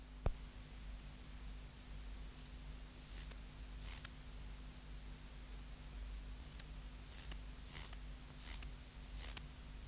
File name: Bio Acoustica 398-6 Conocephalus longipennis